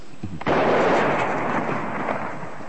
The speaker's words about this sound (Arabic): مدفع الإرشاد اضرب